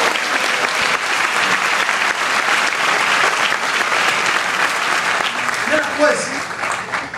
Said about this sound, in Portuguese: Pode aplaudir o Senhor por isso.